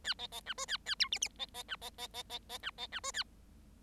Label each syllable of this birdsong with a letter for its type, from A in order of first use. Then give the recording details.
A B B C D A A E F F B B C B B B B B C B C D A. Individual Bird7